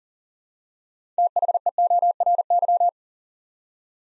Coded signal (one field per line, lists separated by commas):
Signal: Morse code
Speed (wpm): 38 wpm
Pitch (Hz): 700 Hz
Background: none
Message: THEORY